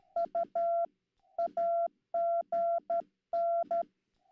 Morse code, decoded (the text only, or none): U AGN